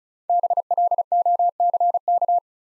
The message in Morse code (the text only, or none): BLOCK